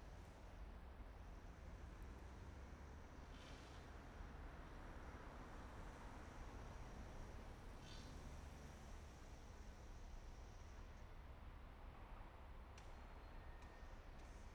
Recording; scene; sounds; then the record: everyday scene through a hearing-aid microphone; in traffic; traffic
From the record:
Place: main city hub, rush hour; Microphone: behind the ear, right, rear